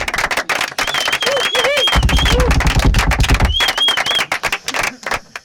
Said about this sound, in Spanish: merece un cerrado aplauso, jóvenes.